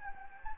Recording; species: mosquito wingbeat signal from an infrared sensor; Anopheles gambiae